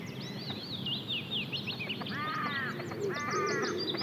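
Great crested grebe giving two nasal, harmonic braying calls about a second apart, over a busy background of high chirps and whistles from other birds.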